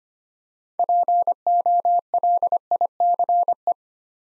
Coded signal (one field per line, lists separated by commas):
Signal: Morse code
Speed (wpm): 25 wpm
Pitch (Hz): 700 Hz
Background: none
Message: POLICE